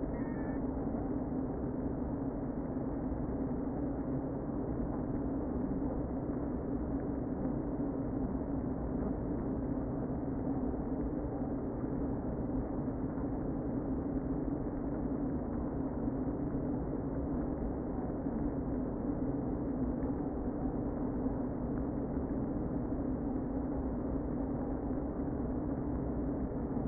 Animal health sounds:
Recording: honeybee colony, microphone inside the hive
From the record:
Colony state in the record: queen present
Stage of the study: before two queens were removed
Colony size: about 60,000 bees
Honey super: yes

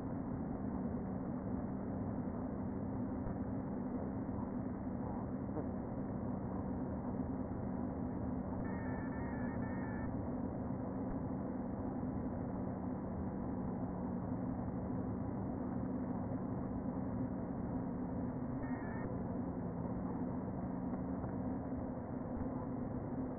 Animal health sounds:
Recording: honeybee colony, microphone inside the hive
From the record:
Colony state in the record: queen present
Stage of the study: before two queens were removed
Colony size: about 60,000 bees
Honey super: yes

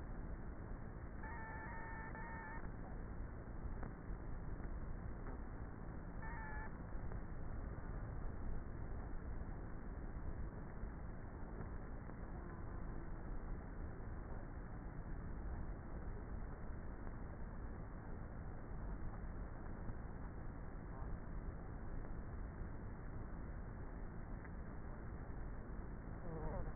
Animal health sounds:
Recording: honeybee colony, microphone inside the hive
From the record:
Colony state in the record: queenless with a low population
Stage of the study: before two queens were removed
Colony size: about 30,000 bees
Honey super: no

